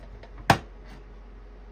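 The pressed-steel front panel of an early 1960s Nylint U-Haul toy truck is worked back into the tabs or pillars on the truck body, with one sharp metallic click at 0.5 s as one side seats. The other side will not seat because its pillars are a little bent, so the panel is only partly in place.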